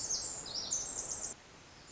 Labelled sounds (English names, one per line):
Pacific Wren